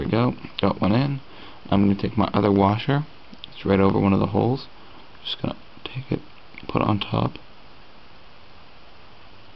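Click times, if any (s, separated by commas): none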